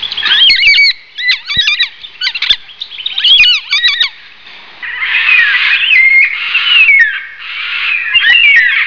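White-tailed black cockatoo calls: a quick run of squeaky, curving notes in short bursts, then from about five seconds longer wavering, wailing calls that rise and fall.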